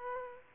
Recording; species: mosquito wingbeat signal from an infrared sensor; Aedes aegypti